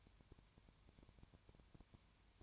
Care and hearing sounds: daily activity, microphone in the room; no activity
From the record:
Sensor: 2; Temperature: 20.3 degrees Celsius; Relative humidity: 33.8%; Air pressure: 1003.2 hPa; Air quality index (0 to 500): 82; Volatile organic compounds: 1 ppm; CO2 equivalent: 781 ppm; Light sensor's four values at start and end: 2/3/2/2 and 2/3/2/2

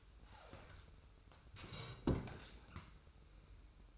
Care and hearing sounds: daily activity, microphone in the room; sit down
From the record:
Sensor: 2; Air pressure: 990.3 hPa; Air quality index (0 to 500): 182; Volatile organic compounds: 1000 ppm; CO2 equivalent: 5782 ppm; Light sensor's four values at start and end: 29/65/28/28 and 27/63/26/26

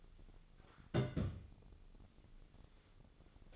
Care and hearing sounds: daily activity, microphone in the room; place on stove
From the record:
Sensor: 4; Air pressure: 1000.8 hPa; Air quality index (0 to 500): 124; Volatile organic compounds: 1 ppm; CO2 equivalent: 936 ppm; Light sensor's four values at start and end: 45/110/47/52 and 46/112/48/53

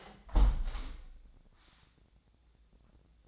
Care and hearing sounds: daily activity, microphone in the room; close window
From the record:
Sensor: 3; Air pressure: 1012.2 hPa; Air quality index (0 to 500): 135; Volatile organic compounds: 2 ppm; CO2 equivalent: 1048 ppm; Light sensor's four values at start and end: 170/410/166/153 and 168/406/165/151

